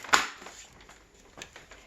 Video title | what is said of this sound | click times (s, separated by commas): Vacuum Tutorial - Shark Rotator Lift-Away DuoClean Engage Upright Vacuum w/ Self-Cleaning Brushroll | and you'll hear it snap | 1.4 s